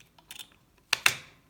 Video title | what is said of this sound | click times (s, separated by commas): Whirlpool Kenmore Maytag Dishwasher upper basket repair | it just snaps in place right there | 0.9 s, 1.1 s